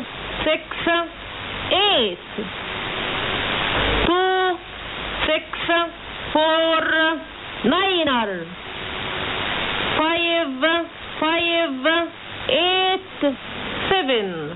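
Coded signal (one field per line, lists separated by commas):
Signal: numbers station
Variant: E25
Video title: E25 Number Station 16/08/2017 0745 UTC 6140kHz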